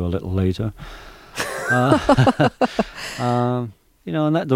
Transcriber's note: laughter